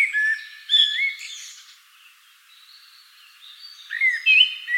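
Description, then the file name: Common blackbird warbling: a short burst of fluted notes, a quiet pause, then another whistled fragment near the end. "Turdus merula"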